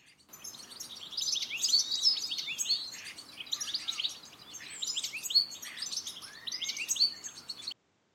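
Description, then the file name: European goldfinch singing a lively, tinkling twitter of rapid high notes and buzzy slurs, phrases tumbling one after another with brief gaps. "cardellino"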